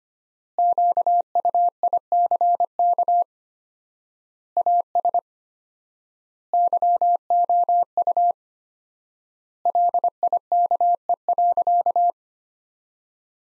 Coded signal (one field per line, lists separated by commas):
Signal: Morse code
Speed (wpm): 25 wpm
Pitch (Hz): 700 Hz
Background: none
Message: QUICK AS YOU LIKE.